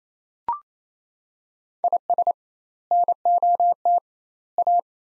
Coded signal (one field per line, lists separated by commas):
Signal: Morse code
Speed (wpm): 27 wpm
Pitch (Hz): 700 Hz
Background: none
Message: IS NOT A